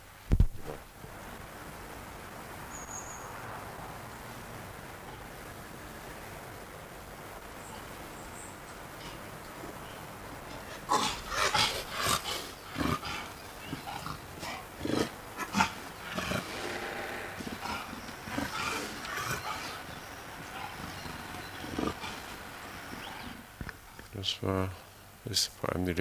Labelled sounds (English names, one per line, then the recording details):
Great Spotted Woodpecker drumming
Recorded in the wild
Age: adult
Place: Zoo Rostock, Mecklenburg-Vorpommern, DE
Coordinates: 54.08, 12.08
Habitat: park
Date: 1984-02-02 12:00
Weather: bedeckt, 2°C
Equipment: Nagra SN, Kopie Uher 4000 Report Monitor
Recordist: Tembrock, Günter